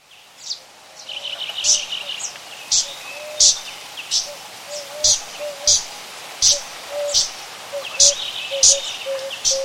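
Zitting cisticola uttering piercing high notes at irregular intervals, with quiet low whistled notes in the background.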